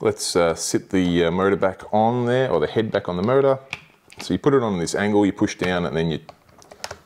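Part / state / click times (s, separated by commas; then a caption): dosing pump head onto its motor unit / seated / 6.8 s. Someone talks while the plastic dosing head of a Kamoer X4 dosing pump is set on its motor unit at an angle, pushed down and twisted. A few faint ticks come near the end, and the head locks in place with a sharp click at 6.8 s.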